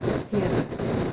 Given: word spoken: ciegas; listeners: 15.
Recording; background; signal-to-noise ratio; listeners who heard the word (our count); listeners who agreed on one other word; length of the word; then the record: one Spanish word in noise, from a listening test; noise modulated by three-talker babble; -4.7 dB; 1 of 15; 8 of 15; 0.73 s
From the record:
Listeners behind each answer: 8, 3, 1, 1, 1, 1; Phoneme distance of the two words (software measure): 10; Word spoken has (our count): 2 syllables, 6 phonemes, stress on syllable 1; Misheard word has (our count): 2 syllables, 6 phonemes, stress on syllable 1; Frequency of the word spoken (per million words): 4.58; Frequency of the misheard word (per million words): 0.45